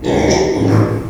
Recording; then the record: squeal of a Yucatan mini pig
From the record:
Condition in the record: before surgery on the right vocal fold (resection and tissue-engineered implant); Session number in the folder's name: 1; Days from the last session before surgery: -3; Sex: male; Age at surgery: 12 weeks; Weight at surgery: 13 kg